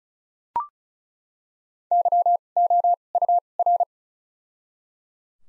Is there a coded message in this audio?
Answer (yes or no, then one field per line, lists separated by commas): yes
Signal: Morse code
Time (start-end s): 1.9-3.8 s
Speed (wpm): 34 wpm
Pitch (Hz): 700 Hz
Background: none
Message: Y O U R